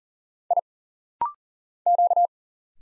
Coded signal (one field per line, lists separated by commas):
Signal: Morse code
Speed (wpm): 40 wpm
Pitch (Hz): 700 Hz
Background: none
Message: I Q